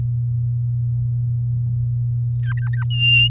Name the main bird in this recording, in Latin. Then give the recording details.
Serinus canaria. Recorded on 6 May 2018 at 05:44. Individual llb16